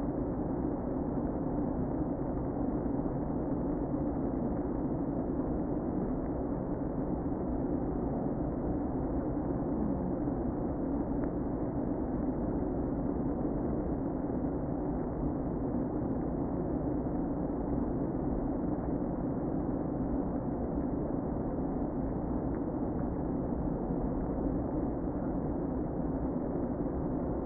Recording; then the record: honeybee colony, microphone inside the hive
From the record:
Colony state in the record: queen present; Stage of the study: before two queens were removed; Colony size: about 60,000 bees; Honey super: yes